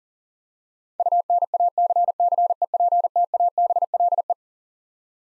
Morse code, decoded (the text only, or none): UNACCEPTABLE